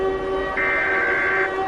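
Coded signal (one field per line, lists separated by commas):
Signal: Emergency Alert System (SAME) tones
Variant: header bursts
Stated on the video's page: Fictional EAS scenario, not a real alert.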